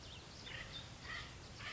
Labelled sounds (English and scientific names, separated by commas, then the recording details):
Acorn Woodpecker (Melanerpes formicivorus)
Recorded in Sonoma County, California